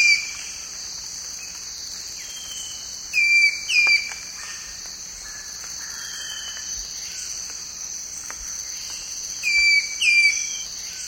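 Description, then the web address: Eastern woodhaunter calling twice in paired whistled notes, each falling then flattening out, separated by long pauses, with a constant high-pitched insect hum throughout. Recorded in the eastern lowlands of South America. "Natures Songs S America Eastern Lowlands. Eastern Woodhaunter"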